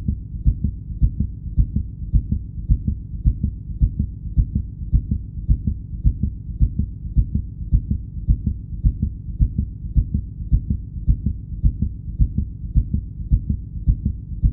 Heart beat fast.